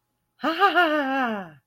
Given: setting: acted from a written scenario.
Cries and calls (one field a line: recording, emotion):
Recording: vocal sound without words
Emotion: ecstasy